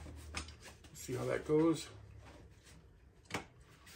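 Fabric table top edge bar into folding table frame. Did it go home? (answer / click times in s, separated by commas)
yes / 3.4 s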